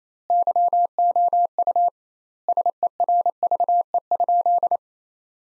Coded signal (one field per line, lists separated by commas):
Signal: Morse code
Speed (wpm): 28 wpm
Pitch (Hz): 700 Hz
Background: none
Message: YOU SERVE?